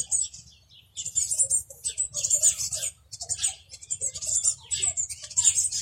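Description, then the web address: Eurasian blue tit calls: dense, buzzy, high-pitched chattering notes in short bursts separated by brief pauses, with a low background rumble. "cianscape birddata Deverinetal 2025 File origin Bird Only Cy Ca"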